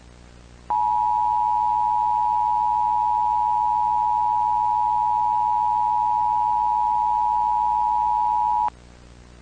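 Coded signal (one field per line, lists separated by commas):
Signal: Emergency Alert System (SAME) tones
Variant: 853 and 960 Hz attention tone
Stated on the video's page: Fictional EAS scenario.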